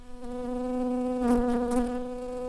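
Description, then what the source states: Shrill carder bee buzzing, a steady droning hum with strong evenly stacked overtones, swelling briefly louder in the middle before settling back. Workers.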